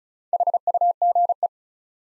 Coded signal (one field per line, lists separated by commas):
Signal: Morse code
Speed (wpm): 36 wpm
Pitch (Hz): 700 Hz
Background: none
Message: HUGE